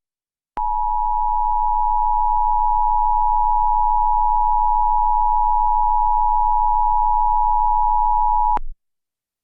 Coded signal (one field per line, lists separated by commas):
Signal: Emergency Alert System (SAME) tones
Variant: 853 and 960 Hz attention tone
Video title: EAS scenario #8 AMERICAN PSYCHO July 4th special